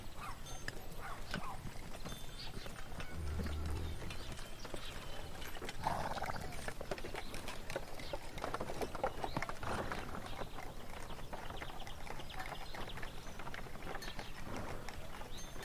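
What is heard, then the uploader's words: Horse carts clip-clop through a town among people at work, with farm animals calling now and then. The hoofbeats and clatter come as short, frequent knocks over a steady, busy bed of activity, with a few louder bursts around the sixth and tenth seconds. Peaceful fantasy town in the morning.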